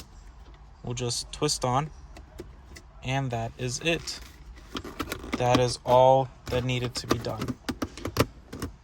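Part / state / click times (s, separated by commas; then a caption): shifter boot trim piece into centre console / seated / 7.8 s, 8.2 s. A plastic shift trim piece around the shifter of a car's centre console is pressed in after the shift knob and boot are fitted, while someone talks. Sharp plastic snaps are heard at 7.8 s and 8.2 s, and the trim piece seats in the console.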